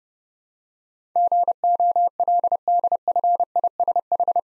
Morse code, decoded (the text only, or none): GOLDFISH